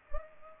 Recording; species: mosquito wingbeat signal from an infrared sensor; Culex pipiens